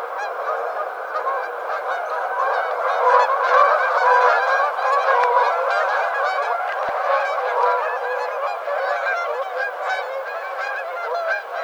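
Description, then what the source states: Canada goose flock honking continuously, many overlapping nasal honks at once forming a dense, steady clamor with no pauses. Recorded on 7 February 2007.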